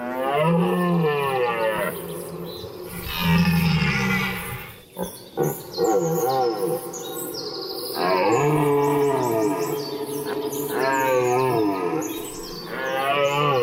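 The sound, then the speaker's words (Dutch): Rutting deer stags bellow at the Beurlen in Ermelo in September, during the deer rut, in long, harmonic roars, several drawn-out calls rising and falling in pitch, one after another with brief gaps, loud and raw, with no talking. “We waren daar in september, midden in de bronsttijd van de herten...”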